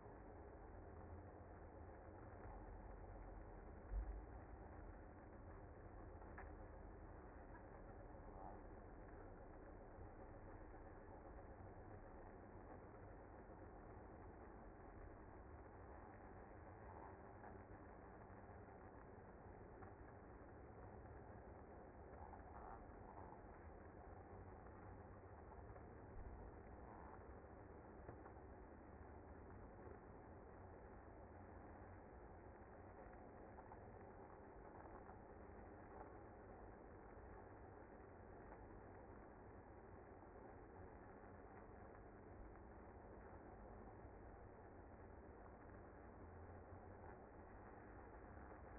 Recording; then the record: honeybee colony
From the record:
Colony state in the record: active